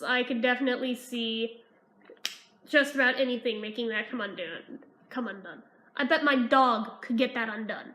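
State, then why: Seated. A plastic cap is snapped onto a lip balm pot, giving a weak click at 2.2 s as it seats loosely. The closure is flimsy and rocks back and forth rather than clicking firmly into place. Someone talks before and after the click.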